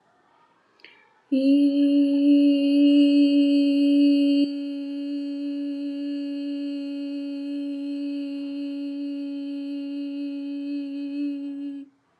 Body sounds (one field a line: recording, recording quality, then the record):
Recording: sustained vowel as in beet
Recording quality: excellent, no background noise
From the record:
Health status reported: COVID-19 positive, mild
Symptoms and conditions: cough, fever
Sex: female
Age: 50 years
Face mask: not worn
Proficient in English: yes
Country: India